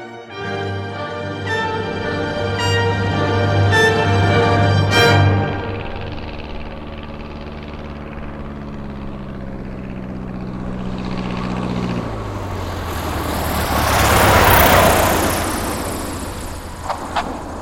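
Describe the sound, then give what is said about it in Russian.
Heavy multi-engine Luftwaffe aircraft drone steadily overhead above a city, a deep harmonic roar with throbbing beats that shifts lower midway, then swells into a broad rushing noise as a plane passes. “Теперь команда сидели на чердаке и ждали, когда над городом загудят тяжелые моторы самолетов Люфтваффе.”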